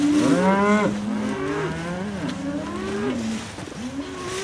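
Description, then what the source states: Cows mooing: a loud moo, then a few lower, drawn-out moos, over a steady engine-like rumble. Recorded while the cow shed was being cleaned out.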